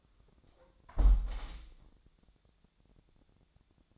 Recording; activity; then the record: daily activity, microphone in the room; close window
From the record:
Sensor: 3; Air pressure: 1000.5 hPa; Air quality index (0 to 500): 169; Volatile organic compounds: 3 ppm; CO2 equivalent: 1464 ppm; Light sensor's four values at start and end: 13/34/13/15 and 13/34/13/15